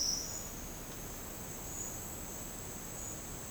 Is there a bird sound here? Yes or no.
no